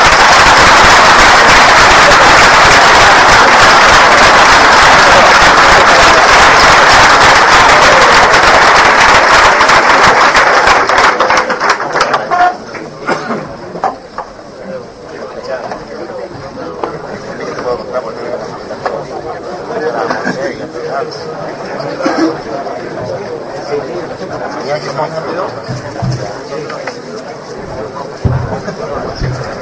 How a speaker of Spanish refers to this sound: para pedir un fuerte aplauso, por favor.